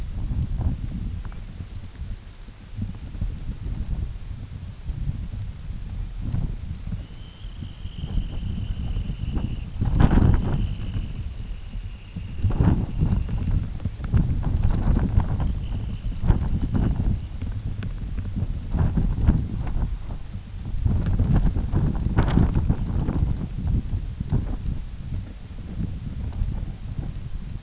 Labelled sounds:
Dunlin (Calidris alpina)

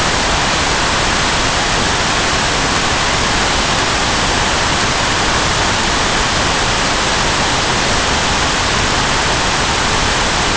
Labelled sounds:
none

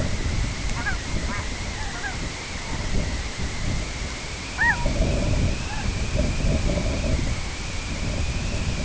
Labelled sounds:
Snow Goose (Anser caerulescens)

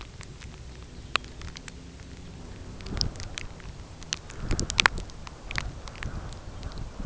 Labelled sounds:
none

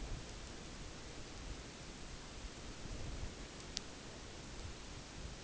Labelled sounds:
none

